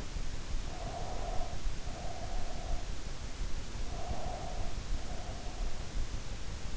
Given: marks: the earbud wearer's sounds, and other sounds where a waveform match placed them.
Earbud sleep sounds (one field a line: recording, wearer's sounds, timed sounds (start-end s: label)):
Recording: sounds in sleep by an in-ear microphone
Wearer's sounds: breath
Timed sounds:
0.52-3.22 s: breath
3.75-5.05 s: breath